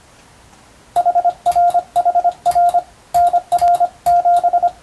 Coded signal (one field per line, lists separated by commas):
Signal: Morse code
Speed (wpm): 26 wpm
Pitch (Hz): 700 Hz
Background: radio noise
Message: HRHR NR7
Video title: 無線従事者国家試験総合無線通信士電気通信術のトレーニングにＣＷを打ってみました。アマチュア無線ハムの受信練習にもどうぞ(morse code practice for radio operator )